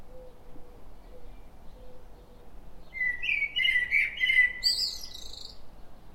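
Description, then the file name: Common blackbird singing a rich, flutey warbled phrase that ends in a scratchy high-pitched twitter. Faint low whistles are heard before it. "Turdus merula"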